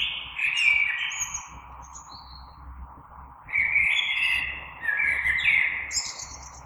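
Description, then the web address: Common blackbird song: two mellow, fluty warbled phrases, each closing with a thin, high squeaky flourish, over a faint low background hum. Recorded 3 March 2020. "oiseaux Merle 2020 03 03"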